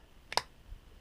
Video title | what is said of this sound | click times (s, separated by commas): Specialized Speedzone Sport Wireless Cycling Computer unboxing and install | and you can hear that click and you see this tab | 0.3 s, 0.4 s